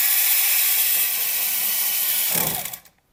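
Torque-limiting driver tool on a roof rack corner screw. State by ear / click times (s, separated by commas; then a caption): torque reached / 2.7 s. A supplied torque-limiting driver gives a Rhino-Rack Pioneer 6 Platform roof rack corner screw a final tighten, with steady broadband driving noise through most of the clip. The tool bottoms out at its set torque with a click at 2.7 s and will turn no further, so the screw cannot be over-torqued.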